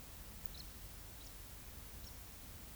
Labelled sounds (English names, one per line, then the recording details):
Eurasian Woodcock
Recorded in Baden-Württemberg, Germany, on 10 May 2021 at 19:44 UTC
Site 24606, 635 m above sea level